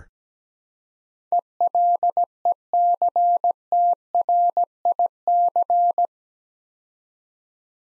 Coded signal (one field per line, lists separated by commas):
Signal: Morse code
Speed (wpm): 17 wpm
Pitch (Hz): 700 Hz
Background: none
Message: ELECTRIC